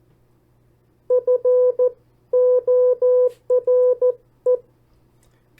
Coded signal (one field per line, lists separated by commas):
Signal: Morse code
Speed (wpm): 14 wpm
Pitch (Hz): 500 Hz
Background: none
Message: FORE